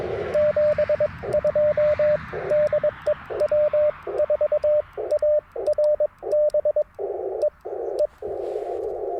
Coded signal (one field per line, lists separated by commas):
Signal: Morse code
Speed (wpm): 22 wpm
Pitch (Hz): 590 Hz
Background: radio noise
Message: 72 DE W4ARB E E